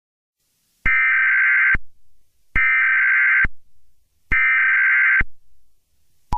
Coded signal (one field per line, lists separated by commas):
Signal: Emergency Alert System (SAME) tones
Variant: header bursts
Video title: Nuclear Attack 3: Our Worst Luck Yet... (EAS St. Patrick's Day Special)